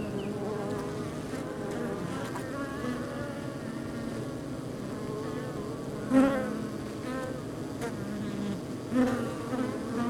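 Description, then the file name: Honey bees humming, a low continuous drone with brief louder buzzes from single bees flying past around the middle and end. Outside a beehive. "Ruche Exterieur"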